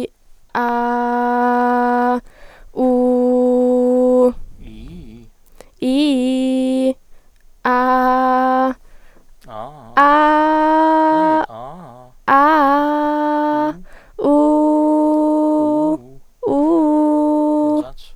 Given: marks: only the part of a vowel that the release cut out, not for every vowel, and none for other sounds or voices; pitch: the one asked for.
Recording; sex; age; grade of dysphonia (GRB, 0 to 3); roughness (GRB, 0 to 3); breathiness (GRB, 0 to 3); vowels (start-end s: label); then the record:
sustained vowels; female; 20 to 29 years; 0; 0; 0
0.63-2.02 s: vowel /a/, low pitch
2.85-4.19 s: vowel /u/, low pitch
5.89-6.84 s: vowel /i/, low-high-low pitch
12.36-13.61 s: vowel /a/, low-high-low pitch
16.57-17.73 s: vowel /u/, low-high-low pitch
From the record:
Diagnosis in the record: healthy voice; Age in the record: 20 years